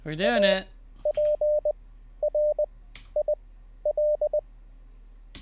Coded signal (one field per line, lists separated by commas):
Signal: Morse code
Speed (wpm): 20 wpm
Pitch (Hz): 600 Hz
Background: speech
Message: APRIL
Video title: How To Learn Morse Code LIVE with N0SSC (Day 14)